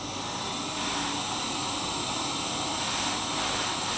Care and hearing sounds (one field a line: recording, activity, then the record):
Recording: daily activity, microphone in the room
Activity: vacuum cleaning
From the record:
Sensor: 1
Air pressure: 994.4 hPa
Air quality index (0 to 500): 217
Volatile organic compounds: 1000 ppm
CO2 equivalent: 7749 ppm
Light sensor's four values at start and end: 50/111/50/53 and 50/110/49/52